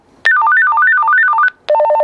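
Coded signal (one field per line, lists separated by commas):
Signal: none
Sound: a walkie-talkie's call tone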